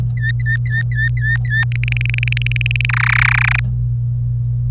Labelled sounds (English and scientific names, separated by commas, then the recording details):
Domestic Canary (Serinus canaria) song
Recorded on 26 April 2018 at 12:50
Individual llb3